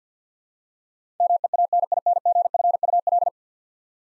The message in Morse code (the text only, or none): MEANINGFUL